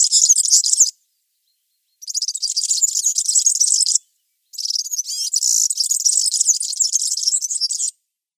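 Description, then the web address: European serin singing three separate bursts of shrill, rapid, tinkling buzzy notes, the last lasting over three seconds, with short silences between them. "Schulze Peter European Serin song"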